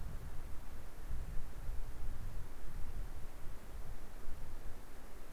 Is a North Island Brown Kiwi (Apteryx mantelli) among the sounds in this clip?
no